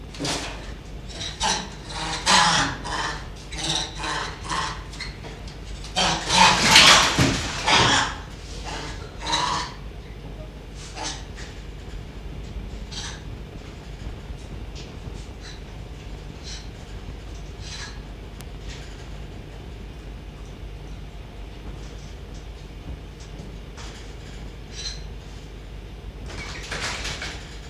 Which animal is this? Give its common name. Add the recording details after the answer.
Rhesus Monkey. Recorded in captivity. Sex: female. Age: adult. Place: Zoologisches Institut der HUB, Berlin, DE. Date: 1957-03-29 12:00. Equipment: Elmetra. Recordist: Tembrock, Günter